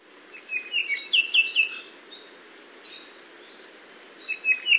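Apapane song: a rapid string of clipped whistled notes, then quiet with faint notes and a short closing phrase, over steady low hiss.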